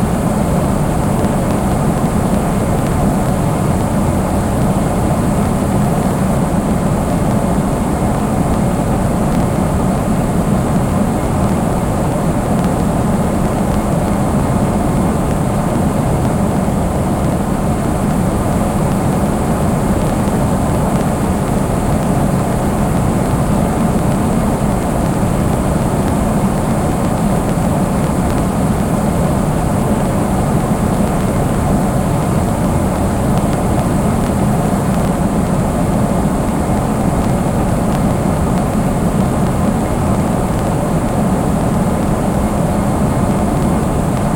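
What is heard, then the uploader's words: A steady, unchanging roar of an aeroplane cabin fills the whole recording, heavy and dense in the low range with a softer hiss above. No distinct events break through; the level stays constant from start to finish, like continuous engine drone heard from inside. Aeroplane (White Noise).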